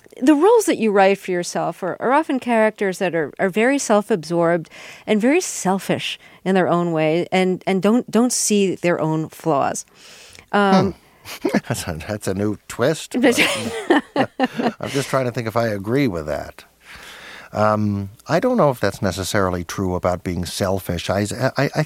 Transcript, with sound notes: The roles that you write for yourself are often characters that are very self-absorbed and very selfish in their own way and don't see their own flaws.
That's a new twist.
That's - (laughter).
I'm just trying to think if I agree with that. I don't know if that's necessarily true about being selfish.